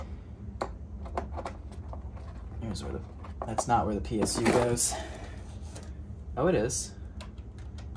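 A power supply is handled against a swap-meet Sony Vaio laptop being tested, at first seeming to go in the wrong place and then turning out to be the right spot. Light sharp taps and knocks are heard while someone talks. Nothing has seated or clicked into place yet.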